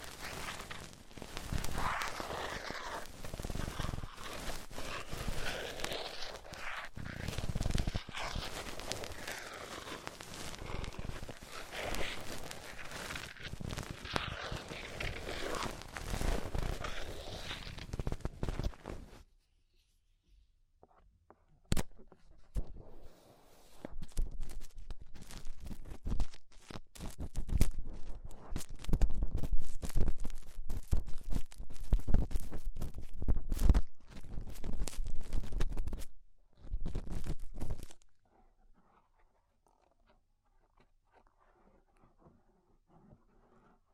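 Tingly ear cleaning with rhinestone and clay removal: dense crackling, squishing and scratching fills the first nineteen seconds. After a short near-silent gap, bursts of crisp scraping and tapping return until about thirty-eight seconds, then only faint soft rustles remain.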